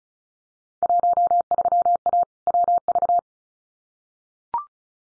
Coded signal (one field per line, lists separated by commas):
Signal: Morse code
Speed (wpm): 34 wpm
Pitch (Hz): 700 Hz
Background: none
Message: 13A WV